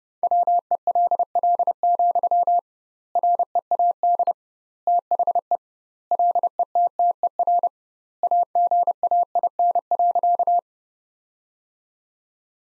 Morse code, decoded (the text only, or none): WELL, READ THE LETTER AGAIN.